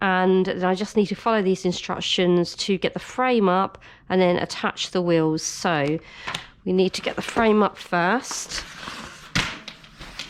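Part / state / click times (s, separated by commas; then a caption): folding frame lock of pushchair / seated / 9.7 s, 10.2 s. Someone talks while a new Hauck pushchair's folding frame is raised for the first time. Sharp clicks at 9.7 s and 10.2 s mark the frame lock engaging, and the frame is locked open.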